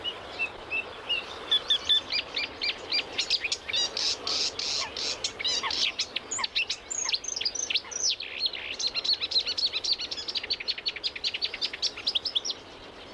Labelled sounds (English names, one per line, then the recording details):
Marsh Warbler song
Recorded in the wild
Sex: male
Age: adult
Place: Berlin, OT Karow, Berlin, DE
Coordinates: 52.6228, 13.4597
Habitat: ponds
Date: 1988-05-29
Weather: sunny, 20-26°C
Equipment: Nagra SN (Automatik), Kopie Tesla B 116
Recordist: Tembrock, Günter